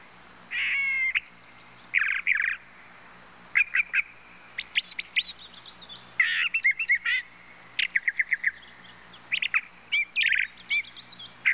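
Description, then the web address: Brown thrush song, a lively run of varied phrases: harsh buzzy notes, rapid repeated chips and rising and falling whistles, mostly high-pitched, with short gaps between them. "bird trushes brown thrushes animal"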